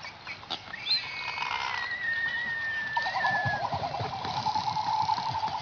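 Frigatebird: a long, thin descending whistle, with a quick wavering trill starting near its end and continuing to the finish amid other noise.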